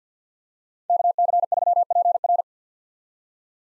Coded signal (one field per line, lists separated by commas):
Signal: Morse code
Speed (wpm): 50 wpm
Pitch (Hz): 700 Hz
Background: none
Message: KC3PR